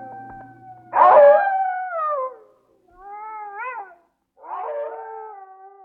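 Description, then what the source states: Wolf: wolves howling: a long howl sliding downward, then a shorter wavering howl that rises and falls, and another falling howl, separated by brief silences. A pack of wolves.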